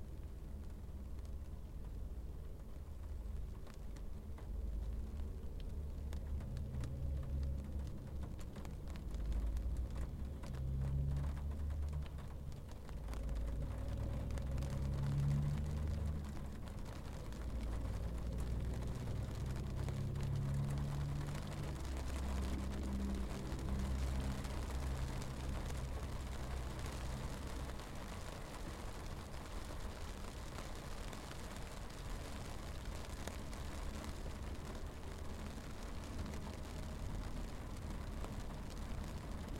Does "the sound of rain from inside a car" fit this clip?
yes